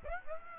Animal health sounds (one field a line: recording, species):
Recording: mosquito wingbeat signal from an infrared sensor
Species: Aedes aegypti